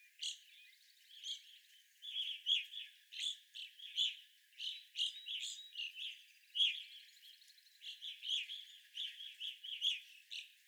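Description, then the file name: Evening grosbeak calls, a busy stream of sharp chirps and clear ringing notes from several birds. Several evening grosbeaks, recorded on 25 April 2021. "2021-04-25 Evening Grosbeaks"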